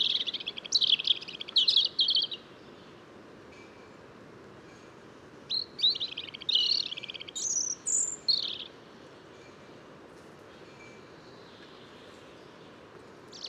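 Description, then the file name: European robin song in two separate phrases of high, liquid trills and sliding whistles, with a long quiet gap between them and a steady background hiss. "Erithacus rubecula"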